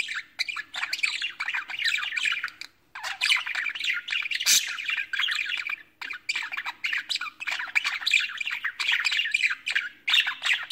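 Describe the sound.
Budgerigar chattering: a dense, continuous stream of scratchy squawks and short warbled chirps, with brief pauses near three and six seconds.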